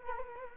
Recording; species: mosquito wingbeat signal from an infrared sensor; Culex quinquefasciatus